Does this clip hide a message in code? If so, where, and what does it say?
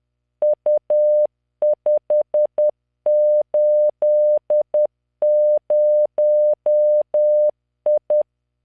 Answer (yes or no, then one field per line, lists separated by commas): yes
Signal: Morse code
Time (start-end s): 0.4-8.2 s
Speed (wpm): 10 wpm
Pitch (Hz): 600 Hz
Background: none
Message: U580I